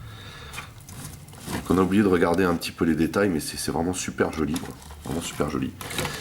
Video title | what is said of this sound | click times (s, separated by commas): MP-10 Optimus Prime (TRU Exclusive) | et une tour de combat alors vous entendez le clic là hein ça c'est le clic de la base ici | 1.3 s